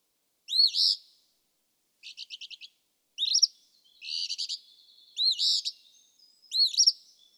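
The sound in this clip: Eastern phoebe song: sharp, buzzy two-part phrases repeated about every one to two seconds, one a rapid stuttering series of notes, against a quiet background.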